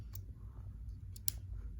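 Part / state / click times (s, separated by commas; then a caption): magnetic end cap onto stylus end / seated / 1.3 s. A magnetic plastic end cap is pushed back onto the end of an Apple Pencil stylus, over its charging connector. Faint ticks come at 0.2 s and 1.2 s, then a sharp, loud click at 1.3 s as the cap snaps back into place and seats.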